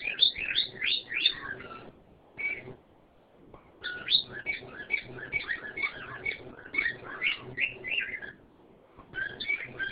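Bird chirping in quick, uneven bursts of high twittering notes, pausing briefly around the third second before the chatter resumes in fast runs.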